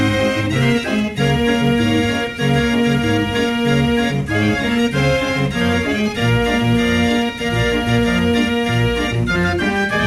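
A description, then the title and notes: A fair organ plays a steady, bright tune with sustained held notes over a regular pulsing bass, loud and dense throughout. Fair Organ.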